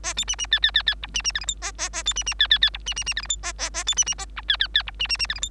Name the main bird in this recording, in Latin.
Lonchura striata domestica